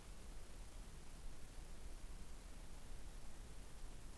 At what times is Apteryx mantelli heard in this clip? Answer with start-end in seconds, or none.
none